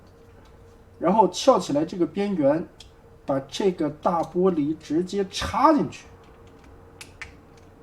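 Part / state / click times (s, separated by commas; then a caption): clear plastic glass panel into a transforming robot toy body / seated / 7.0 s, 7.2 s. Someone talks for most of the clip while the large clear plastic glass panel of a transforming robot toy is pushed into its body after the edge is lifted. After the talking stops, two short, sharp clicks are heard at 7.0 s and 7.2 s as the panel snaps fully into place.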